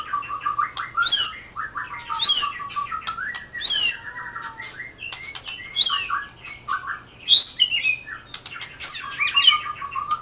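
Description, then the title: Oriental magpie-robin song with a phrase repeated several times: a high sweeping whistle over chattering mid-pitched notes, with clicks and a faint hum. "Kicau Kacer"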